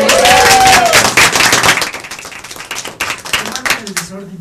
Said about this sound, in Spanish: Y un aplauso a todos.